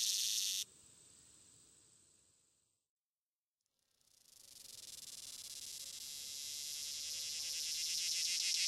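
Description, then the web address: Swamp cicada buzzing drone: a sharp burst at the start that drops to a fainter buzz and dies away, a brief silence, then a high, pulsing buzz swelling steadily louder through the rest. "The Songs of Insects. Swamp Cicada"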